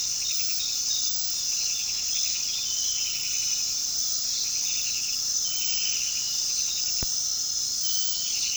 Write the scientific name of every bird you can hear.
none